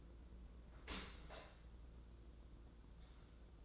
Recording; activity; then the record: daily activity, microphone in the room; open dishwasher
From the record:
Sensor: 3